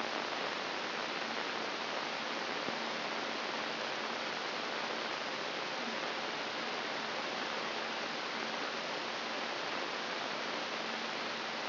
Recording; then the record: brain microelectrode recording played as sound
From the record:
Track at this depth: inside the subthalamic nucleus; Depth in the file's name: 2.348 mm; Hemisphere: right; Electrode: 3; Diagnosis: Parkinson's disease